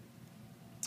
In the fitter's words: those not just will fit right in and you're going to want to hear it click so it can't really move around and